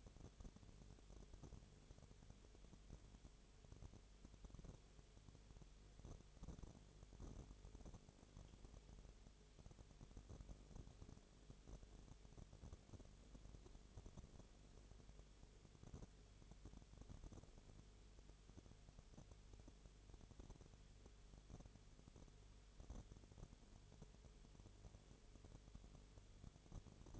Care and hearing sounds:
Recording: daily activity, microphone in the room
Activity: no activity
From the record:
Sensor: 4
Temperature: 22.0 degrees Celsius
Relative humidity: 29.4%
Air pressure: 1002.1 hPa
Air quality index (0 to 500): 60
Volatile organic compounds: 1 ppm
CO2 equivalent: 611 ppm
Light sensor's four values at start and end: 2/3/1/1 and 2/3/1/1

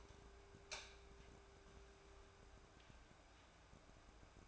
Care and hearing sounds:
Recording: daily activity, microphone in the room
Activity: light off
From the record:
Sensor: 2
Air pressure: 1010.1 hPa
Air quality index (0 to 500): 161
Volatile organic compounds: 7 ppm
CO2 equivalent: 2020 ppm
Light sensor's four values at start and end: 45/111/49/55 and 40/97/43/49

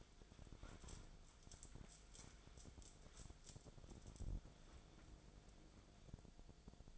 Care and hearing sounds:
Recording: daily activity, microphone in the room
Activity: wipe stove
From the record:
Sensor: 5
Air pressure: 1000.6 hPa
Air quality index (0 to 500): 154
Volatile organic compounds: 2 ppm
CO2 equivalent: 1180 ppm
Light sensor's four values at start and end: 48/103/47/53 and 49/104/48/53

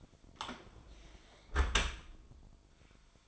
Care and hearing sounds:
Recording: daily activity, microphone in the room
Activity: close dishwasher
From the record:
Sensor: 5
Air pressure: 1003.2 hPa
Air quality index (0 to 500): 126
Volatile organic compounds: 1 ppm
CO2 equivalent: 929 ppm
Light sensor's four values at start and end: 69/167/70/78 and 68/163/68/76

